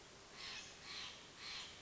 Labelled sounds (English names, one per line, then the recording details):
Steller's Jay
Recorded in Sonoma County, California